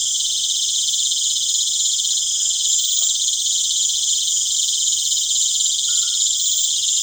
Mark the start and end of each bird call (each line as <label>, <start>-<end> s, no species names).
bird call, 6.32-6.83 s